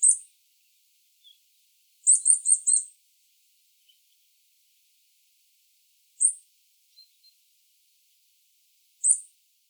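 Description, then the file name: Eurasian nuthatch calls: very high, thin, sharp notes, singly and in a quick run of four, spaced a few seconds apart, with faint softer notes between. "Sitta europaea"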